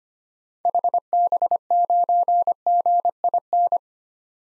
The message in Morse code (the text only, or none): HB9GIN